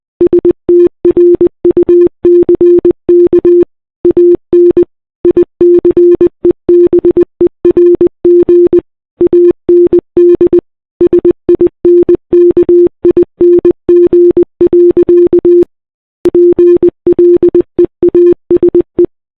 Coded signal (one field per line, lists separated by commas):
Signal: Morse code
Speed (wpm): 19 wpm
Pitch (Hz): 350 Hz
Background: none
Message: STRUCK AN ICEBERG AND SINKING. PLEASE